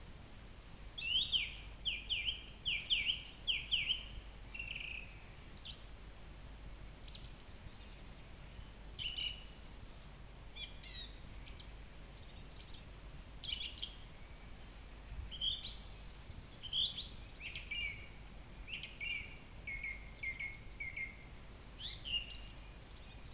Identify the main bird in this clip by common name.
Song Thrush